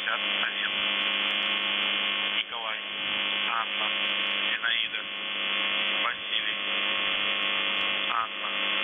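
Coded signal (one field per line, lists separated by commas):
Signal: channel marker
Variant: UVB-76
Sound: harsh continuous droning buzz over radio, with short warbling breaks every two seconds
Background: radio static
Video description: "The Buzzer" is a Russian military radiostation that broadcasts on 4625 kHz.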